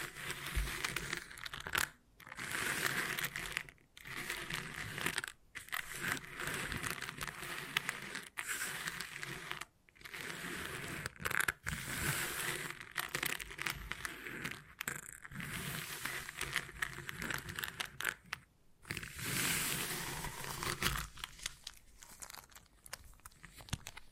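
Beeswax being handled, pressed and squished in dense, crackly bursts of sticky crinkling and crushing. The sound runs almost continuously with brief silent gaps every few seconds, around 2, 4, 10, 15 and 19 seconds, and stays bright and textured throughout.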